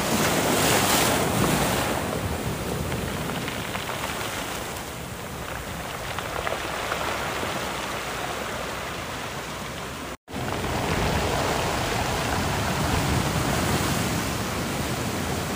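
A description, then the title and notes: Waves wash onto a beach and filter through rocks in a dense, continuous rush that swells and eases without sharp breaks. A louder surge comes early, then the hiss settles back. Wind buffets the microphone throughout, and the sound cuts out abruptly for a moment around ten seconds. Waves filtering through rocks on Hawaiian beach. Extremely satisfying sounds of waves crashing on Hawaiian beaches and filtering through the rocks, recording locally on the island of Hawaii!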